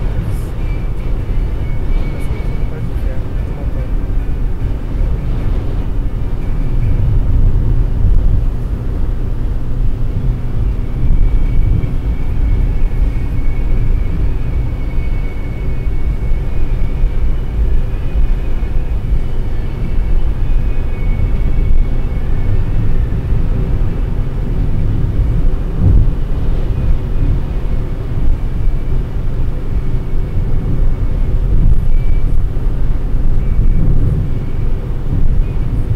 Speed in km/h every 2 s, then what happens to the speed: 120, 119, 119, 119, 121, 123, 127, 129, 131, 132, 133, 135, 137, 136, 134, 133, 132, 131.
0-23 speeds up to 137. 23-36 steady at about 133.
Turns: none.